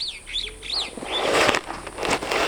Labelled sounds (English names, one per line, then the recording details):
Superb Starling flight call
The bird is a male
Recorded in Kenya on 28 May 2010
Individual 59, of group MRC1